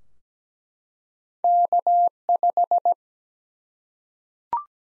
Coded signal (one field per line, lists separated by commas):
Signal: Morse code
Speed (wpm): 17 wpm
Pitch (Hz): 700 Hz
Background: none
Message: K5